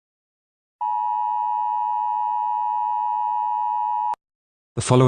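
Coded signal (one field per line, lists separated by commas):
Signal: Emergency Alert System (SAME) tones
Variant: 853 and 960 Hz attention tone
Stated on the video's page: Fictional EAS scenario of a terrorist attack on the United Kingdom, simulated with text-to-speech.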